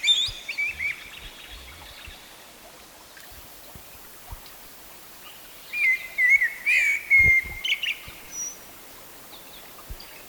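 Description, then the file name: Common blackbird: a phrase already under way at the start, then after a pause one clear fluting whistle ending in a high squeaky twitter, over light background noise. "Turdus merula"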